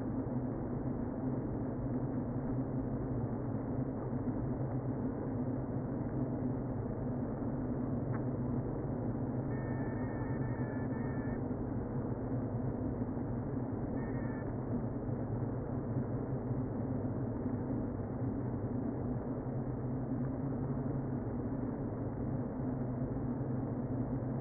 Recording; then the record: honeybee colony, microphone inside the hive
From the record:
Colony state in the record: queen present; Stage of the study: before two queens were removed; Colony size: about 60,000 bees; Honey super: yes